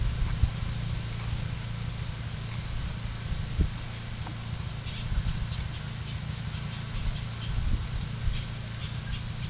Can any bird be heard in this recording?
yes